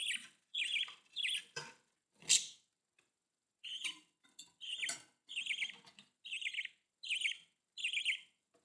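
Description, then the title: Budgerigar chirping calls: short, scratchy, chattering chirps repeated in a steady series, with one louder harsh burst followed by a short pause. "Budgie Sounds"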